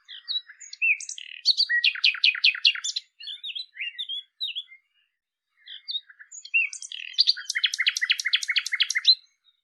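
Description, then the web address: Common nightingale song: two phrases of varied chirps and whistles, each building into a loud, rapid run of repeated buzzy notes, with a brief pause between them. "cianscape birddata Deverinetal 2025"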